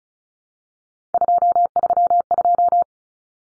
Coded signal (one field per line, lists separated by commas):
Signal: Morse code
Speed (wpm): 34 wpm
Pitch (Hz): 700 Hz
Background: none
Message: 232